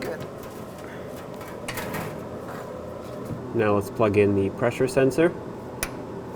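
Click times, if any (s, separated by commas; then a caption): 5.8 s. On a 1997-2003 Ford F-150 during a fuel pump replacement, a plastic electrical connector is plugged onto the fuel pressure sensor on the tank module while someone talks. A single sharp, short click at 5.8 s shows the connector has seated.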